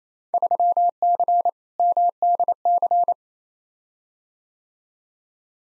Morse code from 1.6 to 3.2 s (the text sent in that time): MDC